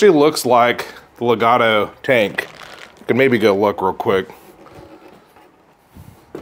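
Someone talks, then quiet handling is heard as a plastic water tank from a Legato espresso machine is tried in a new Turin Capriccio espresso machine to see whether it fits. The clip ends with a sharp hit near 6.4 s, but the tank has not seated or clicked into place yet.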